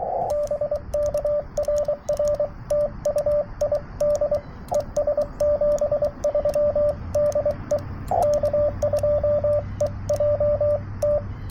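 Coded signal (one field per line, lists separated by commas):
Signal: Morse code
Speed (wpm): 24 wpm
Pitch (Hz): 590 Hz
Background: radio noise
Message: BK RR TU ID ES 73 DE K2EJT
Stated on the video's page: CW Parks On The Air activation at 100 W using an FT-891, WRC antenna and Begali Expedition key, under great band conditions.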